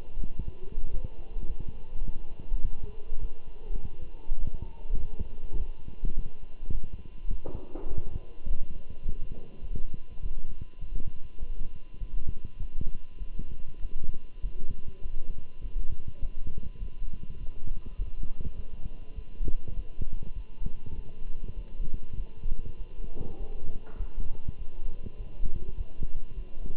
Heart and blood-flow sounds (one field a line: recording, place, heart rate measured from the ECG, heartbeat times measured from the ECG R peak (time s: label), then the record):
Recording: heart sounds by stethoscope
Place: between the tricuspid and mitral areas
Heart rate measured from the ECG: 102 bpm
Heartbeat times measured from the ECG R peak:
0.37 s: heartbeat
0.92 s: heartbeat
1.48 s: heartbeat
2.04 s: heartbeat
2.63 s: heartbeat
3.20 s: heartbeat
3.79 s: heartbeat
4.39 s: heartbeat
4.99 s: heartbeat
5.58 s: heartbeat
6.16 s: heartbeat
6.73 s: heartbeat
7.30 s: heartbeat
7.87 s: heartbeat
8.45 s: heartbeat
9.03 s: heartbeat
9.61 s: heartbeat
10.22 s: heartbeat
10.80 s: heartbeat
11.40 s: heartbeat
12.00 s: heartbeat
12.59 s: heartbeat
13.19 s: heartbeat
13.81 s: heartbeat
14.42 s: heartbeat
15.03 s: heartbeat
15.62 s: heartbeat
16.21 s: heartbeat
16.80 s: heartbeat
17.39 s: heartbeat
17.98 s: heartbeat
18.56 s: heartbeat
19.15 s: heartbeat
19.76 s: heartbeat
20.35 s: heartbeat
20.95 s: heartbeat
21.56 s: heartbeat
22.17 s: heartbeat
22.77 s: heartbeat
23.39 s: heartbeat
23.98 s: heartbeat
24.58 s: heartbeat
25.17 s: heartbeat
25.77 s: heartbeat
26.35 s: heartbeat
From the record:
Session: walking at 3.7 km/h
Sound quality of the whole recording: good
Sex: male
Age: 24 years